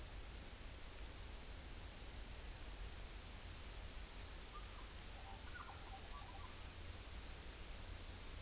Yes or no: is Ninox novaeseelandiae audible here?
no